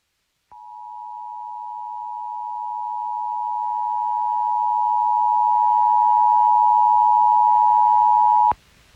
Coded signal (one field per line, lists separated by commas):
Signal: Emergency Alert System (SAME) tones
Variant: 853 and 960 Hz attention tone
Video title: Fred and the Buncha Floods | EAS Alerts from 8/17/21 (EAS #651-678)